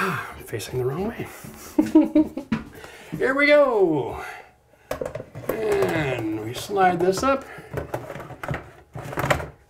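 Someone talks while handling a bathroom exhaust fan's motor and blower housing, sliding it up toward the fan box, with short knocks and taps of the part being moved around 4.9 to 5.5 seconds and again near 8.5 to 9.3 seconds. Nothing has seated or clicked yet; the housing is not yet home in its mounting.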